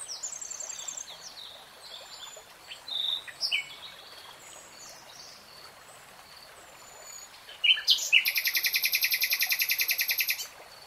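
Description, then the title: Nightingale song, soft scattered whistles and chirps, then a loud, rapid, metallic trill of evenly repeated notes lasting about three seconds. Singing, heard in real time, from a 3-hour recording. "[Tiếng chim hót] REALTIME Nightingale Singing"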